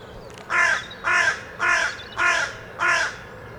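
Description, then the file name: Carrion crow giving five rasping caws spaced about half a second apart. "Corvus corone"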